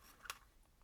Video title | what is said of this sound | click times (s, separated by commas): Getting your film on the reel - Troubleshooting home development issues | okay, I heard a click, | 0.3 s